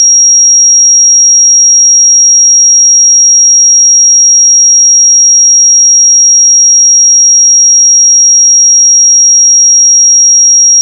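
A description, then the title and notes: A pure sine tone at 5637 Hz holds perfectly steady for the full eleven seconds, a single thin, bright, high whistle with no wavering. Its loudness stays constant throughout, with nothing else underneath it, and it cuts off abruptly at the very end. 5637 Hz 1 Hz Interval Sine Pure Tone Frequency 441000 Sample Mono.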